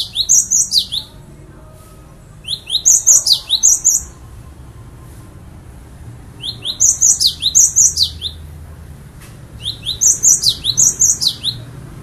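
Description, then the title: Bird song: four bursts of rapid, high, squeaky chattering notes, each a little over a second long, over steady low background noise. "kikicau"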